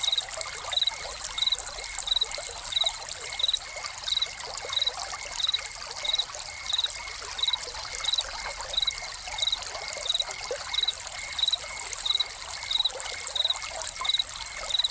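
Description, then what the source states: Crickets keep up steady, evenly spaced high chirps throughout, with a thin constant tone and continuous splashing water behind them. Crickets recorded with a fountain.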